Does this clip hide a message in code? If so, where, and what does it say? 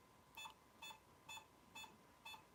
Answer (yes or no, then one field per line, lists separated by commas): no